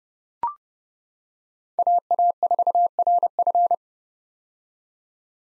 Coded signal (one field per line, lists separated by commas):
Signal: Morse code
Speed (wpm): 30 wpm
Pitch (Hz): 700 Hz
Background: none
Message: AA4RF